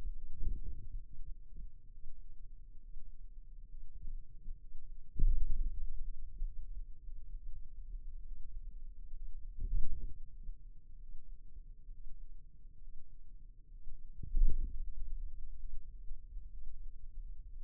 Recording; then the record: forearm muscle sounds (acoustic myography)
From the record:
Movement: radial deviation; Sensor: system 2, bracelet of six BSWA MPA416 microphones around the upper forearm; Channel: 6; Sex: male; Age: 22 years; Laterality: right